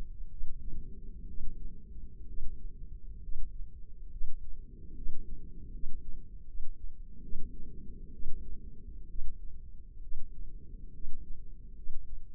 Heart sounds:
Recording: heart sounds by microphone in the left ear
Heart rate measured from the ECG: 68 bpm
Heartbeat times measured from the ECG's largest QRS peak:
0.33 s: heartbeat
1.30 s: heartbeat
2.30 s: heartbeat
3.25 s: heartbeat
4.14 s: heartbeat
4.98 s: heartbeat
5.75 s: heartbeat
6.49 s: heartbeat
7.24 s: heartbeat
8.15 s: heartbeat
9.11 s: heartbeat
10.04 s: heartbeat
10.96 s: heartbeat
11.78 s: heartbeat
From the record:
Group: healthy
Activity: rest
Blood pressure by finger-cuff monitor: 141/78 mmHg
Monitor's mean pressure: 100 mmHg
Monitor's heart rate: 67 bpm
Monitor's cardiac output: 8.8 L/min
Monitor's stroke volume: 131 mL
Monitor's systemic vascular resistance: 840 dyn s/cm5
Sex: male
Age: 30 years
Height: 188 cm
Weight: 110.2 kg

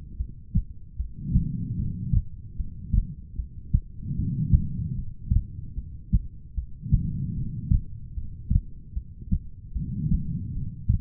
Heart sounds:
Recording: heart sounds by stethoscope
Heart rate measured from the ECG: 75 bpm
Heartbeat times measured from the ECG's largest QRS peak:
0.17 s: heartbeat
0.97 s: heartbeat
1.77 s: heartbeat
2.56 s: heartbeat
3.36 s: heartbeat
4.15 s: heartbeat
4.96 s: heartbeat
5.75 s: heartbeat
6.55 s: heartbeat
7.34 s: heartbeat
8.14 s: heartbeat
8.94 s: heartbeat
9.73 s: heartbeat
10.53 s: heartbeat
From the record:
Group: heart failure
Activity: rest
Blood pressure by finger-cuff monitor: 95/61 mmHg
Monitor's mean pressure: 75 mmHg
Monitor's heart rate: 75 bpm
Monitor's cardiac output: 5 L/min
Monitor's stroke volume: 67 mL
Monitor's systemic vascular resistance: 1060 dyn s/cm5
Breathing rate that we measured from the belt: 21 breaths a minute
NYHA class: 2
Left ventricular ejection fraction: 58%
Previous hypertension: present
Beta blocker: bisoprolol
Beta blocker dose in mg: 5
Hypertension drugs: ramipril, spironolactone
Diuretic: furosemide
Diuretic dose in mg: 160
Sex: female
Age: 55 years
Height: 155 cm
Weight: 67 kg

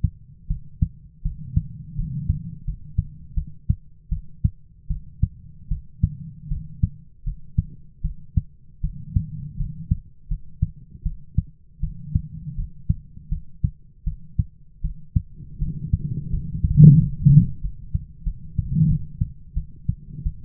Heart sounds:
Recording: heart sounds by stethoscope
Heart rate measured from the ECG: 82 bpm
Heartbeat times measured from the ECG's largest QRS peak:
0.48 s: heartbeat
1.23 s: heartbeat
1.96 s: heartbeat
2.65 s: heartbeat
3.35 s: heartbeat
4.10 s: heartbeat
4.88 s: heartbeat
5.69 s: heartbeat
6.49 s: heartbeat
7.24 s: heartbeat
8.02 s: heartbeat
8.82 s: heartbeat
9.57 s: heartbeat
10.28 s: heartbeat
11.03 s: heartbeat
11.81 s: heartbeat
12.56 s: heartbeat
13.29 s: heartbeat
14.05 s: heartbeat
14.82 s: heartbeat
15.59 s: heartbeat
16.30 s: heartbeat
16.97 s: heartbeat
17.61 s: heartbeat
18.24 s: heartbeat
18.87 s: heartbeat
19.54 s: heartbeat
20.24 s: heartbeat
From the record:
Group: healthy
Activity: rest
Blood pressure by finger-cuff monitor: 132/82 mmHg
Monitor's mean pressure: 100 mmHg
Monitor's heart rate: 79 bpm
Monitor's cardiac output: 7.1 L/min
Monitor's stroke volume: 90 mL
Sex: female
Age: 22 years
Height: 161 cm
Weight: 65.5 kg

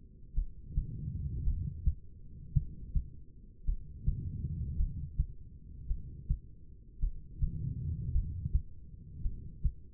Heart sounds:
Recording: heart sounds by stethoscope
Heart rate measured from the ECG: 54 bpm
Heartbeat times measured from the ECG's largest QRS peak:
0.34 s: heartbeat
1.44 s: heartbeat
2.53 s: heartbeat
3.65 s: heartbeat
4.77 s: heartbeat
5.87 s: heartbeat
7.00 s: heartbeat
8.12 s: heartbeat
9.22 s: heartbeat
From the record:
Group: heart failure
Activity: rest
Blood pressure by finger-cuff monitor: 88/60 mmHg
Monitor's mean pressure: 69 mmHg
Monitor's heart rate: 54 bpm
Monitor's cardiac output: 2.7 L/min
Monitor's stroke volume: 50 mL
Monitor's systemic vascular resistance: 1810 dyn s/cm5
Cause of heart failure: non-ischemic cardiomyopathy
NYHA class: 1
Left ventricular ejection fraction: 52%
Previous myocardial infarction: absent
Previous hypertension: absent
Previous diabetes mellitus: absent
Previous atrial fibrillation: present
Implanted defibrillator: absent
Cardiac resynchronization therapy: absent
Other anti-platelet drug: absent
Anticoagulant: apixaban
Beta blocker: bisoprolol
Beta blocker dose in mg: 10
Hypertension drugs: sacubitril-valsartan, spironolactone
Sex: female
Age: 68 years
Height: 169 cm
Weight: 71 kg

